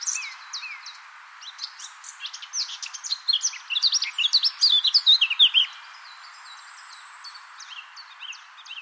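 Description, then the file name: Eurasian blackcap song, a rapid jumble of twittering notes building to a loud burst midway, then fading to scattered soft chirps. "Sylvia atricapilla"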